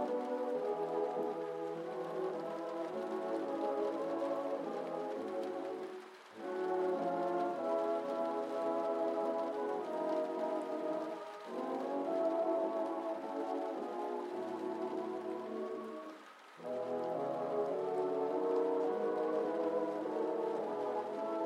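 Oldies music plays from another room, a muffled, mellow band sound with sustained chords and a steady mid-range tone. Short dips near 6, 11 and 16 seconds mark pauses between phrases, and a faint rain-like hiss runs underneath throughout.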